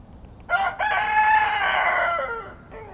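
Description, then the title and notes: Rooster crowing: a full crow with a short clipped opening note, then a long, loud, harmonic-rich drawn-out note that falls in pitch at the end. Rooster in a pen at a small farmhouse in Kawcze, gmina Śrem, Wielkopolskie, Poland; intense crowing; recorded on a Roland R-07. "28g, Kawcze, gmina Śrem, powiat śremski, województwo wielkopolskie, 63-100, Polska - rooster in the pen. The intense crowing of a rooster in a small farmhouse. (roland r-07)"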